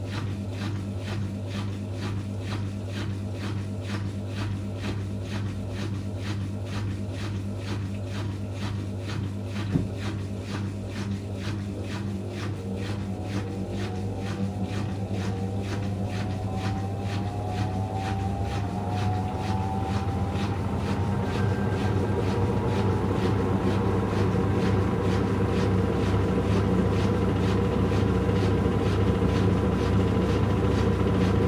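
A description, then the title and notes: A washing machine runs with a steady low hum and fast regular thumping from the drum. Around twenty seconds the motor winds up, rising tones sweep upward, and the sound grows louder and denser through to the end, like a spin cycle starting. ASMR washing machine sounds (no talking).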